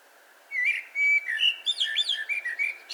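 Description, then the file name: Eurasian blackbird singing a warbled phrase: rich whistled notes running into a rapid series of squeaky, chattering high syllables, over faint background hiss. "Turdus merula"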